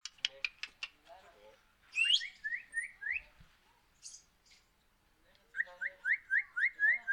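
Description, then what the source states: Parrot giving rapid chirps, then a run of short rising whistled notes repeated several times a second, with a second run at the end. Parrot imitating children singing.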